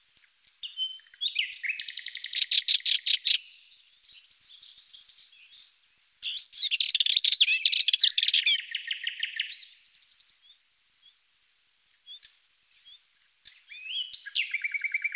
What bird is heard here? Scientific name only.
Sylvia melanocephala